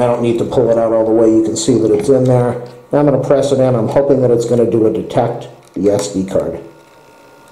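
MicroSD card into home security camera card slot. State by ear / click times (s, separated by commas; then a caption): not seated / none. A microSD card is handled at the spring-loaded card slot of a small home security camera, partly pulled out and about to be pressed back in. Someone talks throughout, with a brief quiet gap near 2.9 seconds. Nothing has seated or clicked yet.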